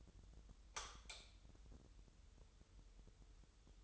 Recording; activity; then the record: daily activity, microphone in the room; light off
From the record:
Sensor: 3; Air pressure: 988.4 hPa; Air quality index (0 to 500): 192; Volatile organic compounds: 273 ppm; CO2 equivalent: 4418 ppm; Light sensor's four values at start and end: 10/28/11/11 and 8/19/8/8